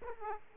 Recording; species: mosquito wingbeat signal from an infrared sensor; Aedes aegypti